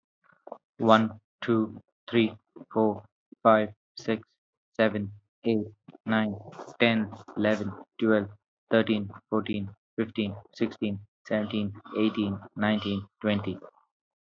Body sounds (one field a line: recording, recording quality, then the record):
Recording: counting at a normal pace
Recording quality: excellent, no background noise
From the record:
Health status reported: healthy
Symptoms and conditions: none ticked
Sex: male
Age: 30 years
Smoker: not ticked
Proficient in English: yes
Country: India